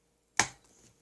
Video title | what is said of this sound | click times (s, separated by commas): Gaming PC Build Log - Part 1 - The Build | back until you hear a click | 0.4 s